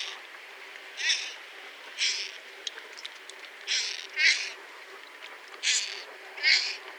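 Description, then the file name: Audouin's gull giving harsh, rasping calls, six short hoarse bursts at irregular intervals, with low background hiss throughout. Deep rasping calls. "Goéland d Audouin (Ichthyaetus audouinii) - Cris râpeux profonds"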